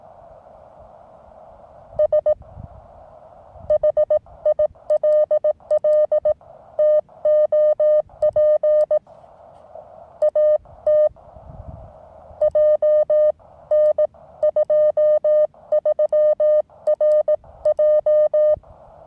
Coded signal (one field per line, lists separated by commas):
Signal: Morse code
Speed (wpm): 18 wpm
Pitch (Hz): 610 Hz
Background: none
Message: S HILL TOP AT JN23RJ